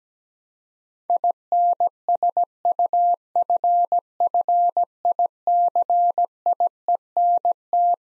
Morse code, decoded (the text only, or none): INSUFFICIENT